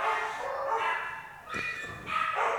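dogs barking

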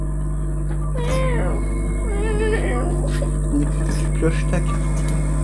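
cat meowing

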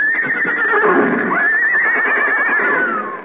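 horse neighing

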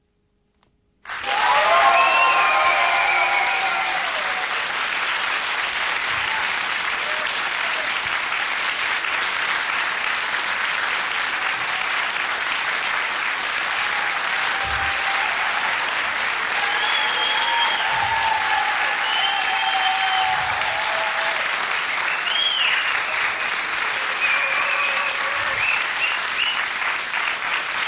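studio audience applause

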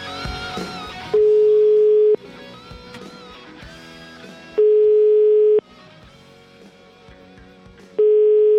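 telephone ringing tone

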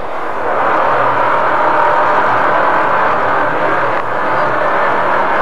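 bus pulling away

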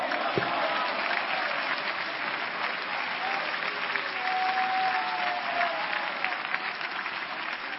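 audience clapping

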